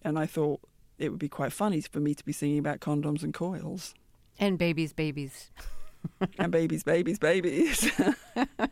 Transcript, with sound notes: And I thought it would be quite funny for me to be singing about condoms and coils.
And babies, babies (laughter).
And babies, babies,